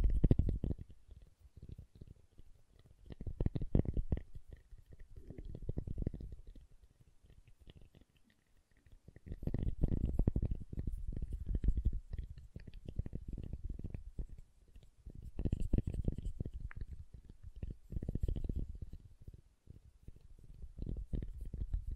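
Soap being tapped and carved, heard as dense bursts of low, thudding scraping that come in clusters of a few seconds with brief quiet gaps between them. Fine crackly ticks sit on top, and the sound stays mostly low and muffled throughout.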